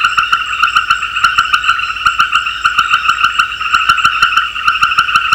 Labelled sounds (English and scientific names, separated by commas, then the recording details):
none
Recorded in secondary vegetation near Puerto Asís, Putumayo, Colombia, on 13 March 2025 at 18:30
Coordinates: 0.498, -76.327
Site G001